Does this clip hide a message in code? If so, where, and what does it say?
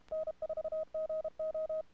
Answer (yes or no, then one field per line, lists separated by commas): yes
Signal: Morse code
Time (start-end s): 0.1-1.8 s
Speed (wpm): 33 wpm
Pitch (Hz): 620 Hz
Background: radio noise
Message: N4GO